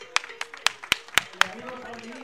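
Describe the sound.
Brief applause of about six sharp, evenly spaced claps in a steady rhythm, moderately loud, with murmuring voices continuing underneath and lingering after the claps fade.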